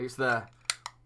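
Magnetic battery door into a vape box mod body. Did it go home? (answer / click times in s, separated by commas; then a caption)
yes / 0.7 s. Someone talks as the magnetic battery cover of a Hugo Vapor Ranger 234W vape box mod is pressed onto the body and snaps shut with a sharp click at 0.7 s, followed by a fainter click at 0.9 s. The magnetic door is seated and doesn't move at all once clicked in.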